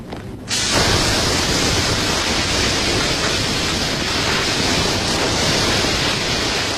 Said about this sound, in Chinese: 这个噪音就来自于洗洗的这个皮管的水龙头， 实际上是一个就 是消防用的， 类似于高压水枪的这么一个这一种喷法啊， 而且其实是一个侮辱性的吧。